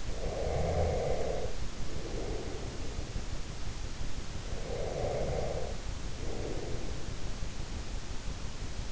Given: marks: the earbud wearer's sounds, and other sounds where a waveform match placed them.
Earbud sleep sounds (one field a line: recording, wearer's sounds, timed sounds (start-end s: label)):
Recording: sounds in sleep by an in-ear microphone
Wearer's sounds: breath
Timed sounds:
0.00-3.11 s: breath
4.40-7.05 s: breath